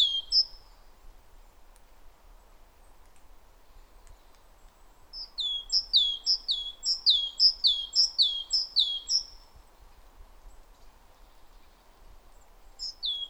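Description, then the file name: Great tit song: a brief phrase, a long silence, then a steady run of several high two-note phrases, with another phrase starting at the end. "Parus major"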